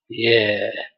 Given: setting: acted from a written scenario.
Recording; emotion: vocal sound without words; pride